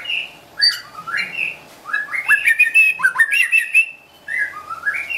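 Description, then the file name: White-rumped shama song with mellow rising whistles, a dense twittering passage full of quick slurs, then more fluty upslurred phrases. Wild bird from a forest in Medan, singing actively (gacor). "suara burung murai batu hutan medan gacor"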